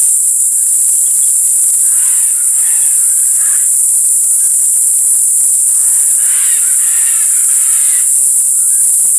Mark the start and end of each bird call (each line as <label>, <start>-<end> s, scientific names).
Eupsittula pertinax, 1.91-3.64 s
Eupsittula pertinax, 5.61-8.01 s